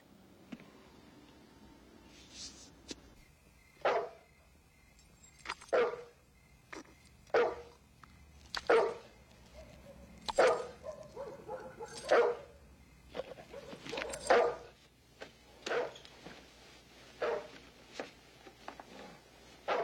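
A dog barks again and again in short, sharp bursts at an uneven pace, with high whimpers and yips between the barks. No one speaks.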